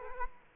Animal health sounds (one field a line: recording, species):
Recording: mosquito wingbeat signal from an infrared sensor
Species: Culex quinquefasciatus